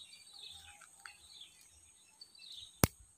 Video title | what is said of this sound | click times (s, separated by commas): Cara menggunakan bubu payung | klik. Jadi sudah kunci aman. | 2.8 s